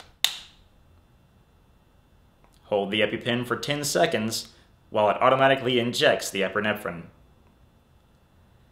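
An EpiPen epinephrine auto-injector training model is pressed orange tip first against the upper outer thigh, giving a loud, sharp click at 0.2 s as the trainer fires. After a short quiet stretch, someone talks.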